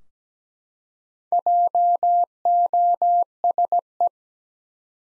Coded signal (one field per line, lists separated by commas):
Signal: Morse code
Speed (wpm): 17 wpm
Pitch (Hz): 700 Hz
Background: none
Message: JOSE